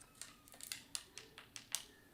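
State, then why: Seated. A new glued display panel is pressed down into the plastic midframe of a Samsung Galaxy A12 (2020) during a screen replacement, with tweezers used to push it in. A series of small, sharp clicks and ticks sounds throughout, ending in the loudest, crisp snap at 1.7 s as the screen clips seat into the frame.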